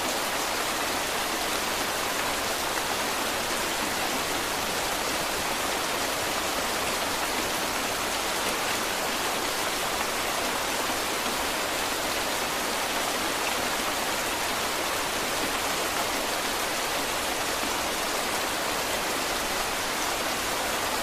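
Heavy rain pours down without a break, a dense, even hiss that stays at the same level for the whole stretch. The sound is bright, with a softer rumble underneath, and no single drops or other sounds stand out.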